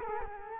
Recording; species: mosquito wingbeat signal from an infrared sensor; Culex quinquefasciatus